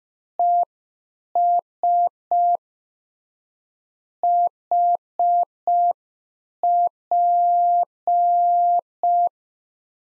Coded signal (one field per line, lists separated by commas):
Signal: Morse code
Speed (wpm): 5 wpm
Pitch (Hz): 700 Hz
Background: none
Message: ES HP